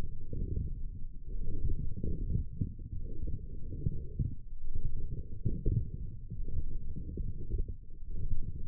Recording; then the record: forearm muscle sounds (acoustic myography)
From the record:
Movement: forearm supination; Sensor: system 1, eight BSWA MPA416 microphones around the upper forearm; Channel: 3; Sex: male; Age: 20 years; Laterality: left